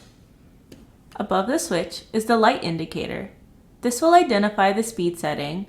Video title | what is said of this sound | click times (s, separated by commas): KFS 30 Cordless Driver with Prewinder Electric | snap into place | 0.7 s